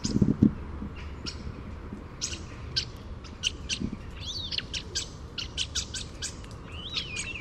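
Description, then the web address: Bird calls: scattered short chirps and a few sweeping, wavering high notes, with low rumbling thumps at the start and steady background noise throughout. "Deverinetal 2025. Bird Only"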